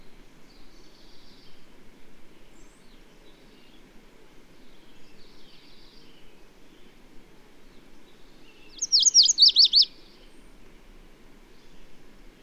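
Bird gives a single fast, high trill-like phrase of sharp notes late on, with faint chirps earlier and a constant low rumble throughout.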